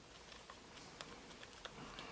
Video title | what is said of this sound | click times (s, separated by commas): Galaxy Note Edge Power Button Replacement How To Change | you can feel it clicking in different places and | 1.0 s, 1.4 s, 1.6 s